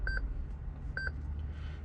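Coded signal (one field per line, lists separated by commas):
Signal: beep code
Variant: Autowatch Ghost 2 immobiliser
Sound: two short electronic beeps, about a second apart, in a quiet room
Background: low room hum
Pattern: 2 short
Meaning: Code accepted, now enter the service button five times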